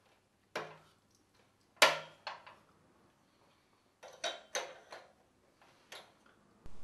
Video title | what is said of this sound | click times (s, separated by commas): 1100_patchmax_91b_cable_term. | the cable troughs can then be fitted onto the bar these snap into place | 0.6 s, 2.3 s, 4.2 s, 4.5 s